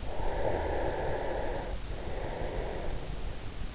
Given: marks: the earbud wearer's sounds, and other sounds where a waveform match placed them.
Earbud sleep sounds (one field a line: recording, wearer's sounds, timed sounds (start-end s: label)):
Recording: sounds in sleep by an in-ear microphone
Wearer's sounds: breath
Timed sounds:
0.21-3.60 s: breath